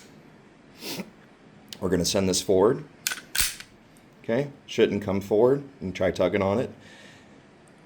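During reassembly of an HK VP9SK pistol, the slide lock bar is flipped back up and the steel slide is sent forward onto the polymer frame, with someone talking before and after. A sharp metallic snap at 3.1 s marks the slide seating on the frame, and the slide is then tugged to check that it is locked on.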